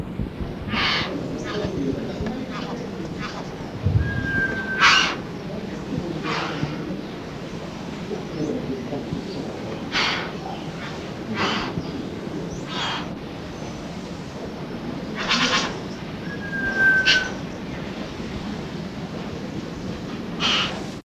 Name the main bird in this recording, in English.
Chestnut-bellied Partridge